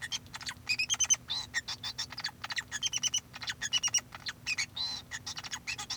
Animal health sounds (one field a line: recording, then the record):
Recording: song of a male Bengalese finch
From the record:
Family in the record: son of father 2